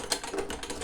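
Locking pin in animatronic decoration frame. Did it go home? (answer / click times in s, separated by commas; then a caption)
no / none. Someone works the locking pin on the frame of a 6.5-foot Towering Werewolf animatronic Halloween decoration by Home Accents (Home Depot), producing a short run of sharp metallic taps and rattles. The pin still fails to lock, and nothing has clicked into place yet.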